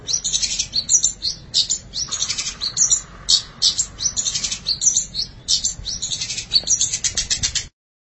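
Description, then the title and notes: Long-tailed Shrike song, dense high scratchy chatter in quick bursts that keeps going for several seconds, with a faint low hum underneath. "Pentet 201703. Suara burung pentet"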